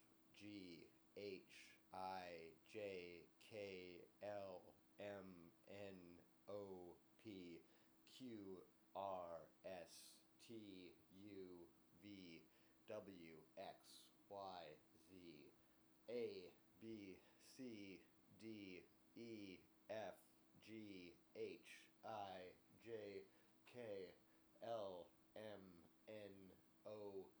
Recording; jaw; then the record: letters of the alphabet, spoken; free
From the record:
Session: seven days later